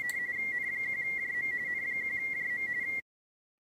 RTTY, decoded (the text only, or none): N1JM N1JM